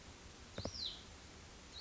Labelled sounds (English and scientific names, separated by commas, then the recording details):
Hutton's Vireo (Vireo huttoni)
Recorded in Sonoma County, California